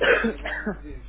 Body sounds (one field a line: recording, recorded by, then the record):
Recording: voluntary cough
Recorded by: telephone call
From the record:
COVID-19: positive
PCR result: checked with the laboratory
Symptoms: no